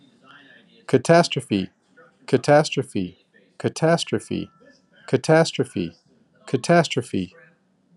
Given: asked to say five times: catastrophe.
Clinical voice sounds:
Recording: repeated word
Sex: male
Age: 40 to 49 years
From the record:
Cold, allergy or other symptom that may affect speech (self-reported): no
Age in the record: 43 years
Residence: Virginia, United States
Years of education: 18

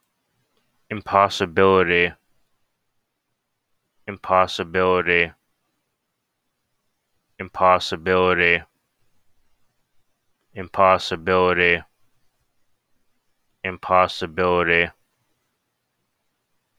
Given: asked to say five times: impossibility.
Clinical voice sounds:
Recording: repeated word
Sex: male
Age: 20 to 29 years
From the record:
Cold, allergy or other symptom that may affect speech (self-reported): no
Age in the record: 27 years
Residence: Florida, United States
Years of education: 16

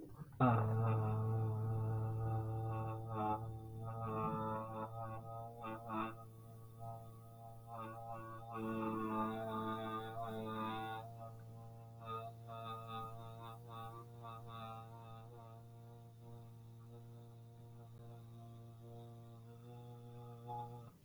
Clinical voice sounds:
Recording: vowel held as long as possible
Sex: male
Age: 20 to 29 years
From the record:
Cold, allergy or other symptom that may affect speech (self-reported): no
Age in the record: 23 years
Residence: Virginia, United States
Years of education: 16

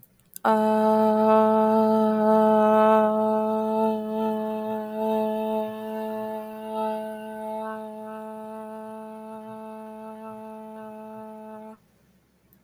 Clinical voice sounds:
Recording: vowel held as long as possible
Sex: female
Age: 20 to 29 years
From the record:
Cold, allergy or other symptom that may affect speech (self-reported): no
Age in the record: 24 years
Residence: New York, United States

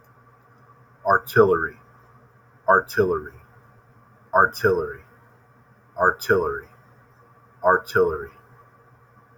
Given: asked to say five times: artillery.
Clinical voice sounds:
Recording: repeated word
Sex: male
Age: 30 to 39 years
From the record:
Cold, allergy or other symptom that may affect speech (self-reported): no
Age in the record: 35 years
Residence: Ohio, United States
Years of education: 16

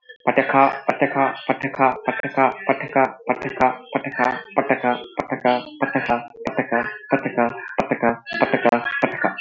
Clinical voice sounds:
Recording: repeated syllables /pa ta ka/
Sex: male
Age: 30 to 39 years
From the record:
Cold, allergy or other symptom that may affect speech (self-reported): no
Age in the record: 32 years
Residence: India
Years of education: 10

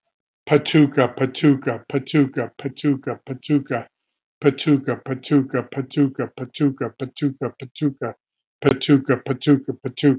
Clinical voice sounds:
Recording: repeated syllables /pa ta ka/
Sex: male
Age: 50 to 59 years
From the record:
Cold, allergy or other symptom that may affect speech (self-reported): no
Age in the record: 58 years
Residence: Massachusetts, United States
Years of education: 19

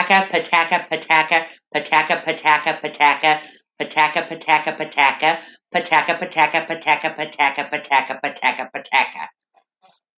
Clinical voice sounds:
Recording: repeated syllables /pa ta ka/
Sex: female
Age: 50 to 59 years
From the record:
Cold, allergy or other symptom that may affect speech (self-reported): no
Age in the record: 52 years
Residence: Illinois, United States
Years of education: 14

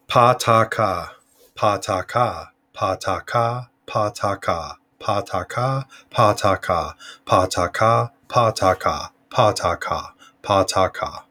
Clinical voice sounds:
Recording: repeated syllables /pa ta ka/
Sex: male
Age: 40 to 49 years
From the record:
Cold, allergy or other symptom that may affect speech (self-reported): no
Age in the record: 48 years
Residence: Nebraska, United States

